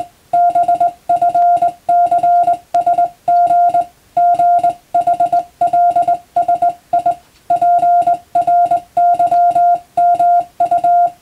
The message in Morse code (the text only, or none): BFCSG GHLSI PRYMU